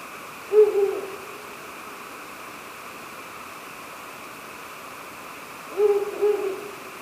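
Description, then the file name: Ural owl calls twice, each a short cluster of low hoots, separated by about five seconds of steady hiss. "fukuro"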